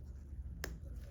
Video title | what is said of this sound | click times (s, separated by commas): How to replace the flexTAP threaded adjuster | You can hear a clicking sound as I pull it upward. | 0.6 s